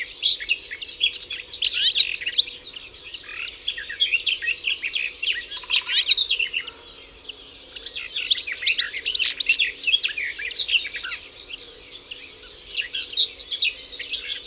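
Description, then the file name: European goldfinch song: long bursts of fast, bright twittering chirps, easing briefly in the middle before resuming the busy tinkling chatter. "Carduelis carduelis"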